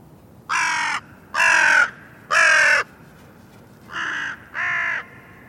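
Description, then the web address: Bird giving five loud, harsh, nasal caws in two groups, the first three strong and the last two slightly softer, with quiet gaps between. "cianscape birddata Deverinetal 2025 Bird Only"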